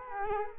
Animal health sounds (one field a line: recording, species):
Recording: mosquito wingbeat signal from an infrared sensor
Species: Culex quinquefasciatus